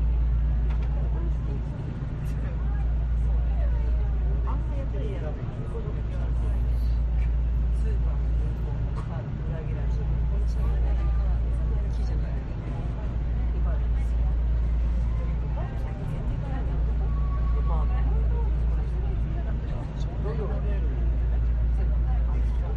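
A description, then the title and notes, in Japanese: Inside an Enoden train running from Enoshima to Gokurakuji, a steady low rumble carries scattered voices and occasional clunks and squeaks throughout. 江ノ電：江ノ島駅→極楽寺駅。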